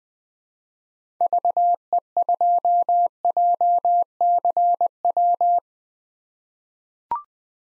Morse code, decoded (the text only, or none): VE2JCW